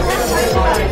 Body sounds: background sound without coughing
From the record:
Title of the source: Nightlife Party Simulating Party Club Noise 1 Hour

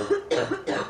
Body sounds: coughing mixed with background sound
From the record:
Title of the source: female coughing - coughing sound effects girl

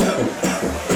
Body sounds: coughing mixed with background sound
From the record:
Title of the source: Residual Phlegmy Morning Coughing and Gagging

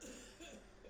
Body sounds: coughing mixed with background sound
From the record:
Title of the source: Spring Cold Coughing.

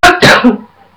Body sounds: coughing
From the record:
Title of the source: Barking cough - # 10

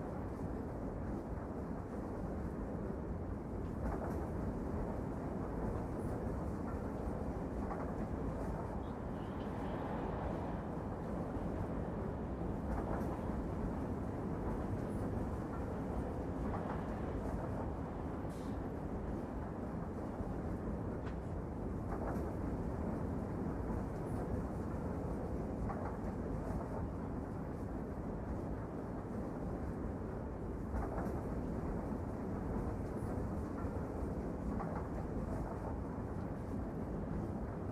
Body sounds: background sound without coughing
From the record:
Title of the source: Train Ride Ambience ambient white noise for sleeping, focus, studying, reading

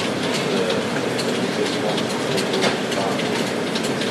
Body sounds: background sound without coughing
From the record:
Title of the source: Office Sounds Ambience - Background Noise for Study and Work

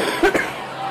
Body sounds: coughing mixed with background sound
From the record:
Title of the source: 31 night wet cough

